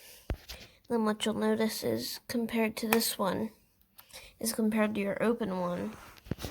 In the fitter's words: And then wait until you hear the click.